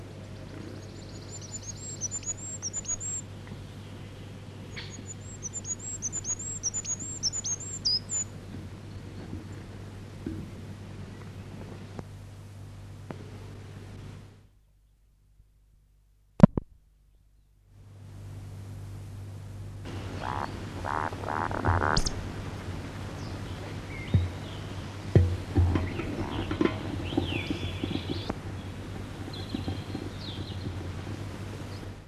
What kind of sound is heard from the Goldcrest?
song